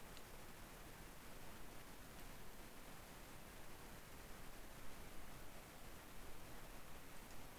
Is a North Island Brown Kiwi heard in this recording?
no